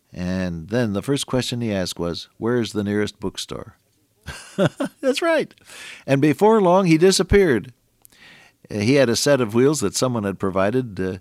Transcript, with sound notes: and then the first question he asked was, “Where is the nearest book store?” [chuckle] That’s right! And before long, he disappeared, and he had a set of wheels that someone had provided,